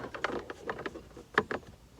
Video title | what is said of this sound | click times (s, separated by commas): How to replace cabin air filter 01-05 Honda Civic | that should snap right in boom and your glove box is sitting | 1.4 s